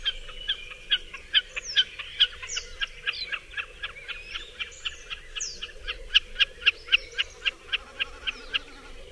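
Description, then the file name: Common snipe giving a long series of sharp, ticking calls, steady and slightly uneven in loudness, over a low background hum. "Kszyk"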